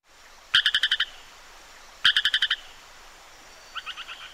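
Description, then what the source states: Striped stream frog call: three bursts of rapid, evenly spaced clicking pulses, about six per burst, the last burst quieter, with quiet background hiss. Played back as a mystery sound; said to sound a lot like the Gutmann's stream frog.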